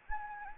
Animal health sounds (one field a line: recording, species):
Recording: mosquito wingbeat signal from an infrared sensor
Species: Anopheles gambiae